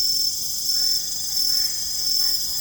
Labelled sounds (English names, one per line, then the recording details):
none
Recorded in secondary vegetation near Puerto Asís, Putumayo, Colombia, on 21 December 2024 at 20:00
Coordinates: 0.468, -76.324
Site G095